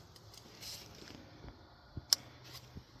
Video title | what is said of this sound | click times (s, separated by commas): Temperature Cooling Sensor Replacement 2015-2020 Chevy Suburban, Tahoe, Yukon, Silverado, GMC Sierra | There's a click. | 2.1 s